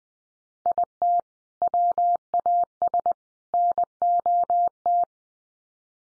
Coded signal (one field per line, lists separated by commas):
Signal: Morse code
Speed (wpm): 20 wpm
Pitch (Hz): 700 Hz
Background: none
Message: IT WAS NOT